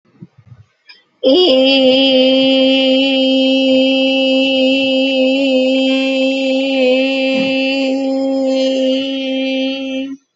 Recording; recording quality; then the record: sustained vowel as in made; excellent, no background noise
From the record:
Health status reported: healthy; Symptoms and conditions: none ticked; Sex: female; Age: 28 years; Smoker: not ticked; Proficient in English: yes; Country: India